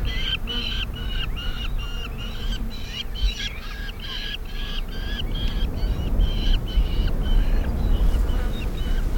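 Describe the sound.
Black falcon giving a fast series of scratchy, cackling notes against a persistent low roar.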